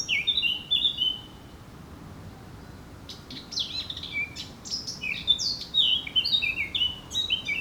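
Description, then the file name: Eurasian blackcap song: a short warbled phrase, a quiet gap, then a longer burst of bright, varied whistled notes tumbling up and down. "Sylvia atricapilla"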